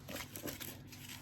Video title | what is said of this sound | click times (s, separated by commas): Nerf Elite Blaster Rack - HOW TO build without swearing | So we'll push that in until it clicks. | 0.4 s